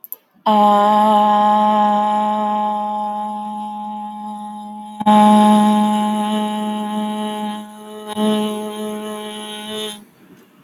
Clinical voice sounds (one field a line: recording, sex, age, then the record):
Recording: vowel held as long as possible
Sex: female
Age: 30 to 39 years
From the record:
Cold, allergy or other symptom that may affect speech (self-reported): no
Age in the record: 33 years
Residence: Illinois, United States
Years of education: 16